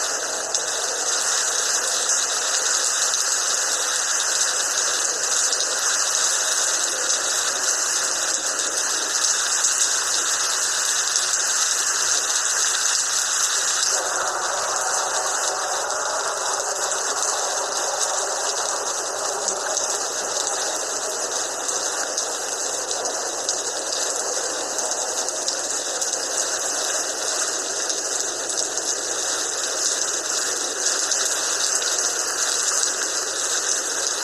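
Light rain falls as a steady, dense hiss with a bright sheen on top, easing slightly in its lower body after about fourteen seconds.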